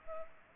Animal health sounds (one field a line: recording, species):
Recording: mosquito wingbeat signal from an infrared sensor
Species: Culex pipiens